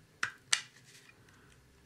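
Curved arch parts of a model kit section are pressed back onto a Millennium Falcon scale model, giving two sharp plastic snaps at 0.2 s and 0.5 s. Only faint small ticks follow, and the arch pieces are seated.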